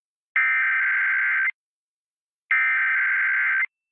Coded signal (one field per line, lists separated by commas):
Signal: Emergency Alert System (SAME) tones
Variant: header bursts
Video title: eas test 1-12-21 c: to I forgot